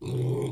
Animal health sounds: pig call; weaner (32 to 43 days)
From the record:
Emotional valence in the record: negative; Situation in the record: novel object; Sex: female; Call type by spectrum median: low-frequency call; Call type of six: low-frequency stable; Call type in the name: low-frequency stable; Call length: 0.52 s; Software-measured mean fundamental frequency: 61 Hz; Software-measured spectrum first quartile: 129 Hz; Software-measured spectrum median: 239 Hz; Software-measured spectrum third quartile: 456 Hz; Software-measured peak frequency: 401 Hz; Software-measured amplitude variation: 88 dB a second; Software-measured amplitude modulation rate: 30.0 a second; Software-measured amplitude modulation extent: 2.9 dB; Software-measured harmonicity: -0.6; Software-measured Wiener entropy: -0.50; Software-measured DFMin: 1117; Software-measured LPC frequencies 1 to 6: 345, 2286, 3388, 5462, 6390, 7232 Hz

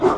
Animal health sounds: pig call; growing-finishing pig (85 days or more)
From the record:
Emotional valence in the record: positive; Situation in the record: run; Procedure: transit

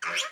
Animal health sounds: pig call; piglet (1 to 25 days)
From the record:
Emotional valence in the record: negative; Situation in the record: restrain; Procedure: in the arms of a person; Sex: male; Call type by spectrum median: high-frequency call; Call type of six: high-frequency stable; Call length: 0.31 s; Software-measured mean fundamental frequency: 269 Hz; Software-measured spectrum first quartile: 1698 Hz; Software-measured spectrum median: 2571 Hz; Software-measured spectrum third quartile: 3925 Hz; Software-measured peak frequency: 3222 Hz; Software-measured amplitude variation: 131 dB a second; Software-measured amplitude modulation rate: 17.7 a second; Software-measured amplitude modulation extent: 7.4 dB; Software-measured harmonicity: 2.3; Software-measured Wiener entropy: -1.73

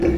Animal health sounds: pig call; growing-finishing pig (85 days or more)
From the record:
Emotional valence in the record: negative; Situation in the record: barren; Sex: female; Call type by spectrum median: low-frequency call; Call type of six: low-frequency stable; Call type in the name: low-frequency stable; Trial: 2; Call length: 0.18 s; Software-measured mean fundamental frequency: 44 Hz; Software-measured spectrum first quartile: 171 Hz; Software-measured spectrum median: 318 Hz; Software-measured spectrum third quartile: 424 Hz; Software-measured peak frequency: 348 Hz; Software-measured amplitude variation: 102 dB a second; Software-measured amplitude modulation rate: 25.4 a second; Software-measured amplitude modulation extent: 4.0 dB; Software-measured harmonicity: 4.0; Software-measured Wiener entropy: -1.25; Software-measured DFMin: 1063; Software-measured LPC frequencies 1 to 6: 381, 1722, 2375, 4357, 5269, 5883 Hz

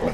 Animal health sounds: pig call; piglet (1 to 25 days)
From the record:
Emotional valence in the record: positive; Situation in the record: reunion after long isolation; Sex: female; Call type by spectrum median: low-frequency call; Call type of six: low-frequency tonal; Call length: 0.14 s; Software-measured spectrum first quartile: 242 Hz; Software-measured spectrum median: 471 Hz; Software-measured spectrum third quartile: 725 Hz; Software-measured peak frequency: 497 Hz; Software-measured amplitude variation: 88 dB a second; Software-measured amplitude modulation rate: 3.6 a second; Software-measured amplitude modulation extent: 24.6 dB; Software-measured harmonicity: 1.7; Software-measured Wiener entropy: -0.64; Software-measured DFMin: 1098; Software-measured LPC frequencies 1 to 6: 516, 2025, 3824, 4938, 6336, 7571 Hz

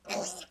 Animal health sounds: pig call; piglet (1 to 25 days)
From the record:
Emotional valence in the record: negative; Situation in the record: restrain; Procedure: back test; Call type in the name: low-frequency call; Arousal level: medium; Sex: female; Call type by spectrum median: low-frequency call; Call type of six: low-frequency stable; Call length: 0.51 s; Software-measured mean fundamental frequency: 74 Hz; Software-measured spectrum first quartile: 606 Hz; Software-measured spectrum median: 2218 Hz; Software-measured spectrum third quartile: 5447 Hz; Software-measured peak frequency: 602 Hz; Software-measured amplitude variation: 184 dB a second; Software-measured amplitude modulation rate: 17.6 a second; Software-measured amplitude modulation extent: 10.5 dB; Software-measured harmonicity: 2.8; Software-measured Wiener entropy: -1.92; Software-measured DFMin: 1657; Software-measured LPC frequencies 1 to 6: 643, 2446, 4136, 5633, 6465, 7217 Hz

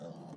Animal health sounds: pig call; piglet (1 to 25 days)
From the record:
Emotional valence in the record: negative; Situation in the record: short isolation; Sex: female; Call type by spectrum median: low-frequency call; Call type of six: low-frequency stable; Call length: 0.36 s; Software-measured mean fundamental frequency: 53 Hz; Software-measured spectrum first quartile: 198 Hz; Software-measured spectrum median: 387 Hz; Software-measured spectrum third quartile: 663 Hz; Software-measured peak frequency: 173 Hz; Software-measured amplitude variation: 137 dB a second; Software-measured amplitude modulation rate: 30.3 a second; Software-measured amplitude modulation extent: 4.5 dB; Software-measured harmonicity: 2.2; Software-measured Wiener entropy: -0.06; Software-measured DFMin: 1094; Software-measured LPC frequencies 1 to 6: 554, 3608, 4587, 5721, 7653, 9266 Hz

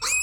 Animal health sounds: pig call; weaner (32 to 43 days)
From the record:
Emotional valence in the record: negative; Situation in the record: short isolation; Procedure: open field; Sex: female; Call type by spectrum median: high-frequency call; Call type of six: high-frequency stable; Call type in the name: high-frequency stable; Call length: 0.22 s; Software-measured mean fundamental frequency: 506 Hz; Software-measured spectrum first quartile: 2564 Hz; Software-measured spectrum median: 5061 Hz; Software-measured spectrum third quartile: 7757 Hz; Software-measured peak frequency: 2521 Hz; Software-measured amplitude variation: 81 dB a second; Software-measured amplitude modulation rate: 27.1 a second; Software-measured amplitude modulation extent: 3.0 dB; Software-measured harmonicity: 10.9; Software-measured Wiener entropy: -3.47

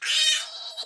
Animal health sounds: pig call; piglet (1 to 25 days)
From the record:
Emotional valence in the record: negative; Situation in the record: restrain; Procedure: in the arms of a person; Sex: male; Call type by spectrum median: high-frequency call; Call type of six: high-frequency stable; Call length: 0.86 s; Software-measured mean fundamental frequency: 264 Hz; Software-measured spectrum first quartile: 3109 Hz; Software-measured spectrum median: 3804 Hz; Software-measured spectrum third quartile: 5718 Hz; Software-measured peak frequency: 3696 Hz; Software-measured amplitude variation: 127 dB a second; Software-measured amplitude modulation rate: 15.8 a second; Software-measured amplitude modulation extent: 8.0 dB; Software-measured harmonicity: 5.5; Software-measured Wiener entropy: -2.31

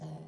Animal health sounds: pig call; piglet (1 to 25 days)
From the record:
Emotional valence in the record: negative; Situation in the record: long isolation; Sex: male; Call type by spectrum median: low-frequency call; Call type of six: low-frequency stable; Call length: 0.29 s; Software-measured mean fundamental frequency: 78 Hz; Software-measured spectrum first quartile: 157 Hz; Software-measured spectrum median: 253 Hz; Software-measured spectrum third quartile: 699 Hz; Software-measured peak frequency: 158 Hz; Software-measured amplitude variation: 96 dB a second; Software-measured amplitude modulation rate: 15.6 a second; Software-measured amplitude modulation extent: 6.1 dB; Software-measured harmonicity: 5.7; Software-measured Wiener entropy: -0.42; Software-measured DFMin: 937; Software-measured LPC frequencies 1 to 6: 698, 1870, 3122, 4297, 5123, 5936 Hz

